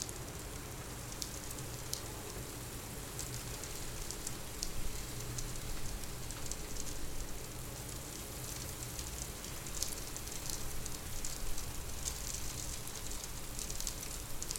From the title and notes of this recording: Recording of a winter storm happening outside my studio window.